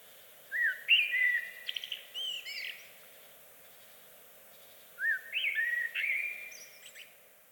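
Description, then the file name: Eurasian blackbird singing two flowing, fluty phrases with high, thin flourishes at the end, against faint steady background noise. "Amsel Bird Blackbird"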